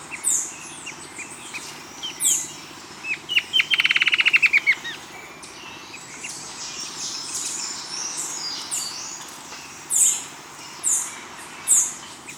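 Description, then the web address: Bird calls: high descending chirps at intervals, with a fast, rattling trill of about a second in the first half, over steady hiss. "BIRD 2015 SABIOD"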